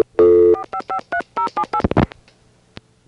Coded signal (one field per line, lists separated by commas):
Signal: DTMF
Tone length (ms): 90 ms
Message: 4553078